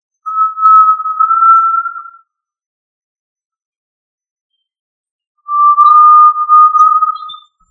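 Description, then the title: Tinamou call: two long, pure, steady whistles, each about two seconds and slightly rising in pitch, separated by a pause of about three seconds; otherwise silent. "Familia Tinamidae - Quail - Puyuh"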